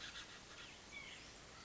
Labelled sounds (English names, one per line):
White-breasted Nuthatch